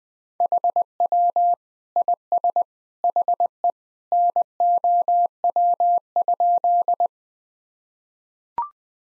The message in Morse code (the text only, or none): HW IS HE NOW?